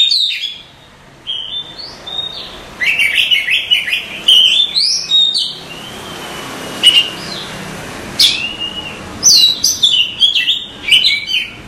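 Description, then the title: Oriental magpie-robin song: varied whistled phrases and sweet slurred notes mixed with scratchy buzzes, brief pauses between bursts. "Suara Kacer"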